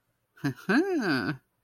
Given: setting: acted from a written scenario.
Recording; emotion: vocal sound without words; pride